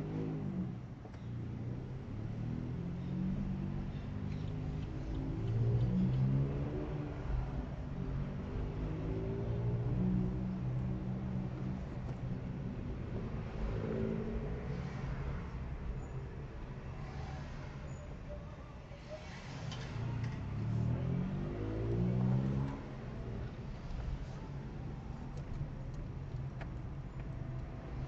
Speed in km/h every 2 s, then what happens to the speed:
0, 5, 11, 11, 12, 14, 19, 18, 16, 6, 7, 6, 16, 23.
1-12 pulls away to 19. 12-18 slows to 6. 22-26 speeds up to 23.